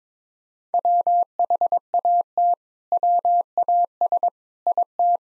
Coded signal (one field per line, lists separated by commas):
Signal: Morse code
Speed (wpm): 22 wpm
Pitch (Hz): 700 Hz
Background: none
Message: WHAT WAS IT